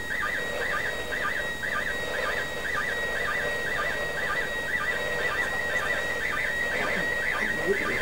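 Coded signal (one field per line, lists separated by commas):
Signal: SSTV (slow-scan television)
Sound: steady high whistle broken twice a second by a quick honking warble, over hiss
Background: radio static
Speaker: It's the Japanese woman. Oh, yeah.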